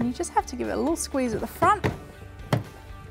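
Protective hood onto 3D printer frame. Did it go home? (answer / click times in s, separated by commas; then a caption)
yes / 2.5 s. A plastic protective hood is slid over the guide tube of a 3D printer frame and squeezed down at the front while someone talks. It snaps into place with a sharp click at 2.5 s, and the hood is seated.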